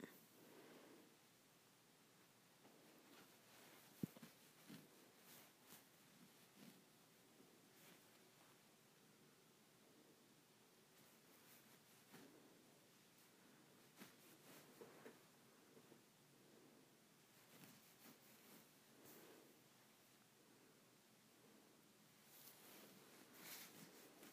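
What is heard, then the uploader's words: Someone scratching their head: a soft, continuous rasp of fingers through hair that rises and falls in irregular strokes. A single sharp click stands out near four seconds, and the scratching grows brighter and busier around seventeen seconds and again near the end. ASMR Scratching my Head.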